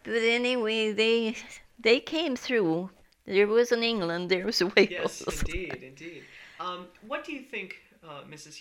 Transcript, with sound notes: But, anyway they came through, there was an England, there was a Wales. (she laughs)
Yes, indeed, indeed. What do you think, Mrs.